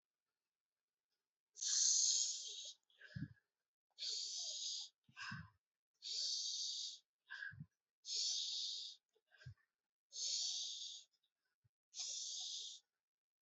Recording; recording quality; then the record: deep breathing; excellent, no background noise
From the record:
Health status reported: exposed to COVID-19, no respiratory illness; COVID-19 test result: negative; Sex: female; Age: 27 years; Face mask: not worn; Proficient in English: yes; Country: India